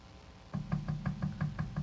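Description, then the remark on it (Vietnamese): A woman knocks on a door in a rapid, steady series of about eight knocks, each a dull, low thud with a slight woody rap, evenly spaced and fairly loud, with no voices. “Nàng gõ luôn 2-3 cái nữa, thì có tiếng chân đi lại ở phía cửa.”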